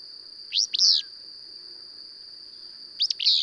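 Bird repeating a two-part phrase twice, a sharp chirp then a buzzy sweep, over a constant high drone.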